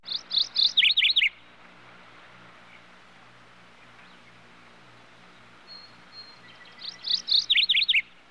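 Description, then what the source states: Birds singing, a quick bright series of high descending chirps, then a long quiet gap before a similar burst returns near the end. General outdoor country ambience with various birds.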